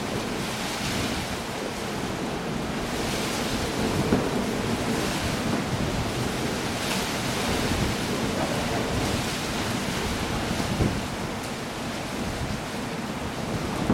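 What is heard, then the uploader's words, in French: A storm on the coast roars steadily and densely, a thick wash of wind and surf with occasional deep rumbles rolling through. Une tempête sur la côte. La côte sauvage des rivages du sud-ouest de l'Angleterre. Une tempête vigoureuse, tandis que les vagues s'écrasent contre les falaises escarpées et que la pluie danse sur la terre.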